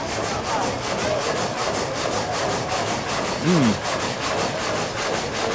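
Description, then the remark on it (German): A sawmill frame saw, driven by an eccentric mounted directly on the shaft, works steadily through a log, its blades rasping in a fast, even back-and-forth rhythm with broad scratchy noise and a brief low tonal whine partway through. “Wir gucken mal Sägegatter.”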